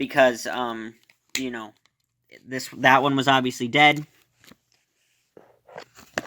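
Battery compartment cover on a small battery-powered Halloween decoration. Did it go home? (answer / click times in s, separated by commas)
yes / 6.2 s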